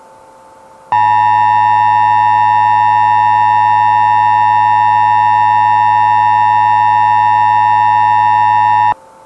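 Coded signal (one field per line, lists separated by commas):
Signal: Emergency Alert System (SAME) tones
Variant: 853 and 960 Hz attention tone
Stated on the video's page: Mock EAS alert, not a real broadcast.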